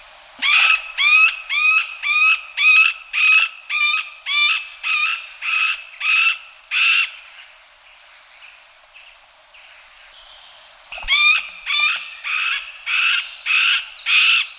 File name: Pic mar